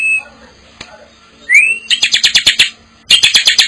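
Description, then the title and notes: Bar-winged prinia singing, a brief upward-sweeping whistle followed by fast, rattling chips in two bursts, with a faint steady hum underneath. Collection of ciblek sounds, birds in full active song (gacor) together with young birds (anakan). "Kicau Ciblek new. kumpulan suara burung ciblek gacor dan anakan"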